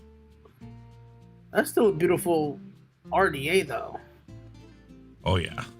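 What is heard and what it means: A metal atomizer part is being handled and pressed onto a lubricated rebuildable dripping atomizer (RDA) vape, while soft guitar music plays underneath and two people talk. There is a faint tap near 0.5 s, but nothing has seated or clicked yet.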